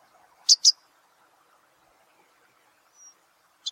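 Himalayan red-browed rosefinch calling with a quick pair of sharp, high chirps, a quiet gap with one thin whistle, then another chirp at the end.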